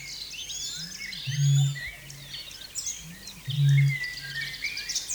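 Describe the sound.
Australasian bittern boom: a soft rising lead-in then a deep resonant boom, given twice, over a chorus of chirping and whistling birds.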